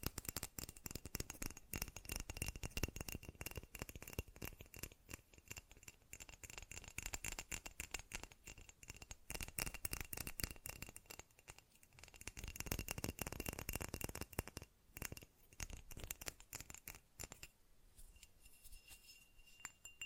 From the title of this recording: ASMR Fast Tapping